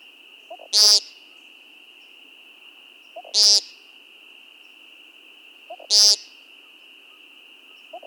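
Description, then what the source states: American Woodcock peent calls: three loud, nasal, buzzy notes about every two and a half seconds, each preceded by a faint short note, over a steady high tone. Male calling on his singing ground (lek), an opening near brushy cover, in spring; ground calls given before the display flight, usually at dusk and dawn, also on bright moonlit nights.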